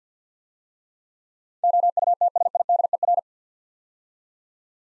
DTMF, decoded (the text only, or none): none